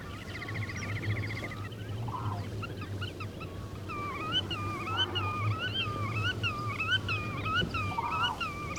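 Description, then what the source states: Godwit song of repeated wavering nasal notes takes over in the second half, after a brief buzzy trill and a few other calls near the start. Song rendered as 'vereten, vereten', which gives the bird its Russian name.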